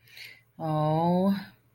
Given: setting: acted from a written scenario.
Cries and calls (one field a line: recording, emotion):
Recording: vocal sound without words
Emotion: disappointment